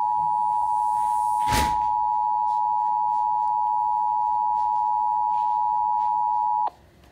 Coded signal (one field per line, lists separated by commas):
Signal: Emergency Alert System (SAME) tones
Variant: 853 and 960 Hz attention tone